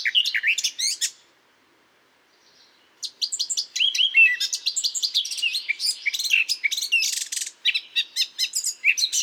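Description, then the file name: Eurasian blackcap singing a fast, varied warble of sweet whistles and scratchy notes, a short gap after the first second, then a long continuous outpouring. "Sylvia atricapilla"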